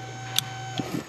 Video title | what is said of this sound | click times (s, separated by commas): LOUD GRINDING NOISE FROM BRAKES😲😵 VERY GOOD COUNTER!?🤔😁🤪 | you wanna hear that click. | 0.4 s